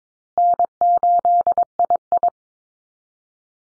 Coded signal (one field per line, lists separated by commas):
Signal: Morse code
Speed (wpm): 22 wpm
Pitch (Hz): 700 Hz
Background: none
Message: N8II